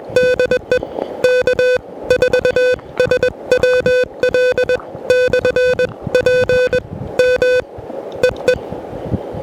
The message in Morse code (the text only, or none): DE K4SWL/PM EE